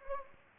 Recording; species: mosquito wingbeat signal from an infrared sensor; Anopheles gambiae